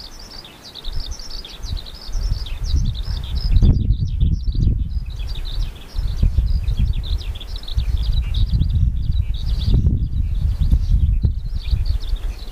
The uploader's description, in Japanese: トリ